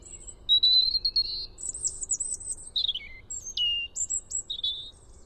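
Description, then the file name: European robin delivering varied high phrases, trilled notes, sharp descending slurs and thin whistles in quick succession, with light background hiss. "Erithacus rubecula"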